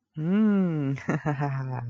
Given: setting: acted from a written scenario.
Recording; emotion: vocal sound without words; pride